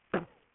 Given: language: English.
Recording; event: throat vibration sensor signal played as sound; cough